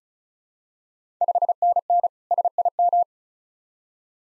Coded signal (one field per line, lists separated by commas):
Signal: Morse code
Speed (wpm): 36 wpm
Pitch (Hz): 700 Hz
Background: none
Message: 5NN SIM